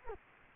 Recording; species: mosquito wingbeat signal from an infrared sensor; Culex quinquefasciatus